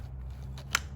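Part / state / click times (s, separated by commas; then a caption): wiring connector onto MAP sensor / seated / 0.8 s. An electrical wiring connector is pushed onto a new MAP sensor on a 2012 Chevy Colorado with a 3.7 engine, over a steady low hum. A faint tick comes at 0.6 s, then a sharp, bright click at 0.8 s as the connector seats.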